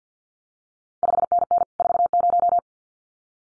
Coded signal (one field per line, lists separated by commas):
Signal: Morse code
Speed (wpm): 50 wpm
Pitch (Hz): 700 Hz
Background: none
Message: 5NN 40